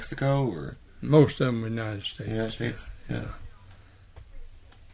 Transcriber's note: none